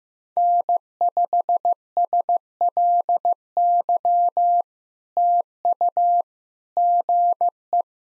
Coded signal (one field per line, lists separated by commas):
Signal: Morse code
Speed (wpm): 15 wpm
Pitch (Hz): 700 Hz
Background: none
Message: N5SLY TU GE